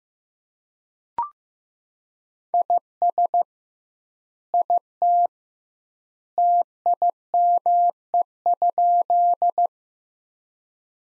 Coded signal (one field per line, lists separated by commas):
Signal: Morse code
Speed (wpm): 15 wpm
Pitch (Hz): 700 Hz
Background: none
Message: IS IT TIME?